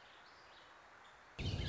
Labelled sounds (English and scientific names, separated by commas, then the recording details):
Warbling Vireo (Vireo gilvus)
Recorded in Sonoma County, California